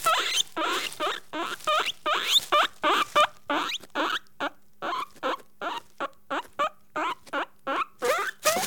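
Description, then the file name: Guinea pig giving rapid, sharp rising squeaks in a long series, roughly three each second. Caged guinea pig recorded close up. "Digiffects Sound Effects Library - Close Guinea Pig in Cage"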